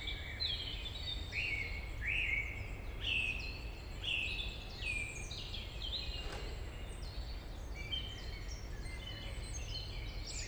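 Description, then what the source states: Song Thrush singing: a brisk phrase repeated a few times, then varied notes, over a steady low hum. Route Forestière de la Meunaz, Montcel state forest, Montcel, Savoie, France; large forest frequented by thrushes and many other birds.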